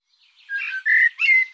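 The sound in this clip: Bird song: a short run of three warbled, slurred notes, the last one clear.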